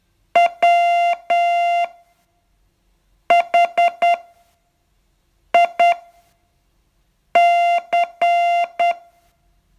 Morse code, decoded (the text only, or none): WHIC